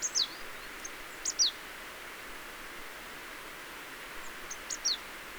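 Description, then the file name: Marsh tit calls, short high notes that sweep sharply downward, given in small clusters over a steady hiss. "Poecile palustris"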